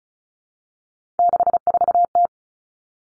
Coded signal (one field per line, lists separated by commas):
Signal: Morse code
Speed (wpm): 34 wpm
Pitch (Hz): 700 Hz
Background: none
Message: 64T